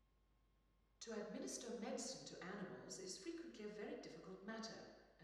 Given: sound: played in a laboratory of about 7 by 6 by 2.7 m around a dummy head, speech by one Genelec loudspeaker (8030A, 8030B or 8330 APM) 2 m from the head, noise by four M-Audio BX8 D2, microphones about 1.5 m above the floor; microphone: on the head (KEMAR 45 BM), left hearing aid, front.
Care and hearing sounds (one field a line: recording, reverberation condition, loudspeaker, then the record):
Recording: female speech in English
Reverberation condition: high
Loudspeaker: 30 degrees to the left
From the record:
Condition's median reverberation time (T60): about 1300 ms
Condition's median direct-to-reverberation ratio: about -4.0 dB